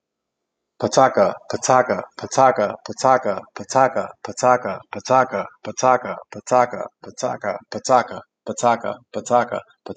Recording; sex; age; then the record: repeated syllables /pa ta ka/; male; 30 to 39 years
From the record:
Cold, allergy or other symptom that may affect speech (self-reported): no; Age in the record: 37 years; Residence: Florida, United States